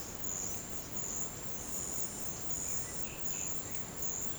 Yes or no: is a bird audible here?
yes